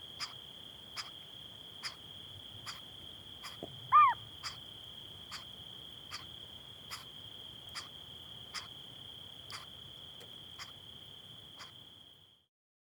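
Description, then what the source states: Cyprus scops owl begging: brief rasping notes in a regular series, one sudden loud arched call early on, a steady thin high tone and faint low rumble behind. Begging calls of a juvenile together with excitement calls of an adult.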